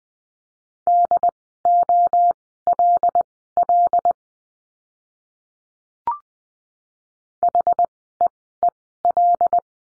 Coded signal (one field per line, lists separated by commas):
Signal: Morse code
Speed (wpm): 20 wpm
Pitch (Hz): 700 Hz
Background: none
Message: DOLL HEEL